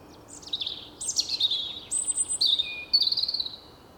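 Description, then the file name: European robin song made of descending thin whistles, a sustained very high note, then tinkling trills and a low soft whistle. "Erithacus rubecula"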